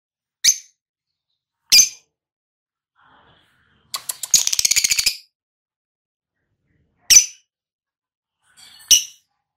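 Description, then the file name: Lovebird calls: two sharp single chirps, then a buzzy rattling trill of rapid pulses lasting about a second, followed by two more isolated shrill chirps. Lovebird recording of ngekek trilling, described as auto gacor. "suara burung lovebird ngekek auto gacor"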